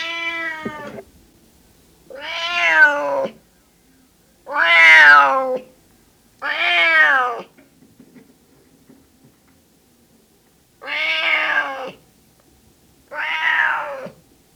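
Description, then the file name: Cat repeatedly meowing: six loud, drawn-out meows, several bending downward at the end, with a quiet pause of a few seconds midway. Male cat (tomcat) meowing. "Miauwen van een kater - Sound Cloud - Beeld en Geluid"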